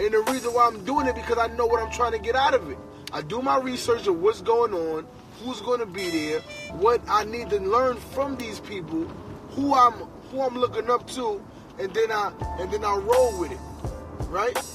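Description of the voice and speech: An adult man who stutters speaks quickly and mostly fluently, with repeated phrases such as "who I'm, who I'm" and "and then I, and then I", plus a few drawn-out words before pauses. These are mild stuttering disfluencies; his stutter is less when he is comfortable. A low steady hum sits in the background.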